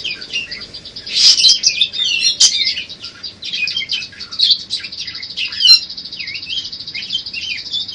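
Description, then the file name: Budgerigar song mixing a louder burst of squeaky chirps early on with a steady, high buzzing trill and scattered twitters that carries to the end. Song containing mimicked calls of cililin, serindit (blue-crowned hanging parrot) and gereja tarung. "parkit isian cj lb cililin serindit gereja tarung"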